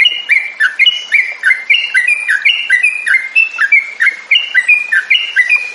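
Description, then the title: Yellow-vented bulbul song: short whistled notes, rising and falling, repeated in a steady bubbling series. Used to train songbirds; 'tembakan' and 'ropel' song styles. "Trucukan Tembakan Dan Ropel"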